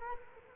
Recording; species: mosquito wingbeat signal from an infrared sensor; Culex quinquefasciatus